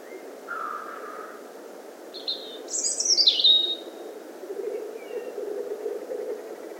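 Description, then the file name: European robin singing one short phrase: a soft low whistle, then brief high notes and a quick, tumbling, high-pitched flourish, followed by quiet background hiss. "Erithacus rubecula"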